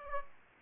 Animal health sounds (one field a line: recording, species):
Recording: mosquito wingbeat signal from an infrared sensor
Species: Aedes aegypti